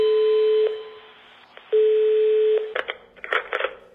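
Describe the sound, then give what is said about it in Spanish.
A call to the 016 gender violence helpline: two long, steady telephone ringing tones with a pause between them, followed by a burst of clattering clicks and rustling as the handset is picked up. “Para que la violencia de género nunca más deje esta señal, la sociedad tiene esta otra.”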